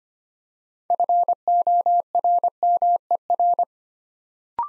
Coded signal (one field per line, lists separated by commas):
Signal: Morse code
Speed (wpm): 25 wpm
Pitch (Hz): 700 Hz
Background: none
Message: FORMER